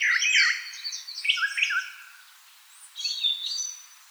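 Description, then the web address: Northern mockingbird song: a rapid jumble of varied chirps, trills and whistled phrases, high and shifting, with a short pause before another burst of sweet notes. Recorded 4 February 2007. "Northern Mockingbird 2007 02 04"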